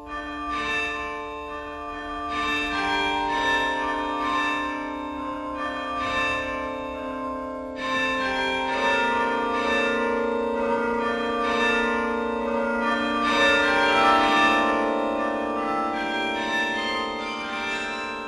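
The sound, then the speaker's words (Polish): A carillon rings out a slow, steady melody, overlapping bell tones striking one after another and their rich, shimmering overtones hanging in the air, with no voices present. “On był w ogóle bardzo dużym przyjacielem Carillonów. Był fundatorem dwóch dzwonów carillonowych, on i jego brat.”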